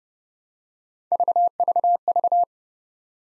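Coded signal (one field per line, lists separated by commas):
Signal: none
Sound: three separator beeps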